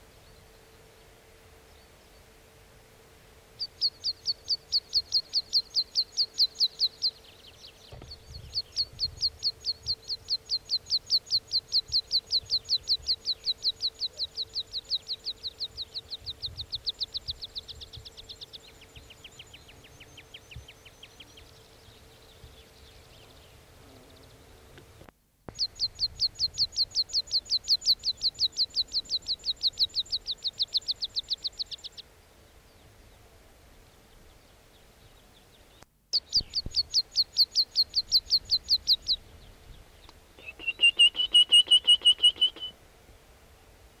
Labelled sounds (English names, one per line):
Meadow Pipit